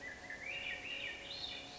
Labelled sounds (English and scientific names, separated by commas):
Swainson's Thrush (Catharus ustulatus)